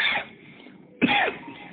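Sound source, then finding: Adult man. Cough.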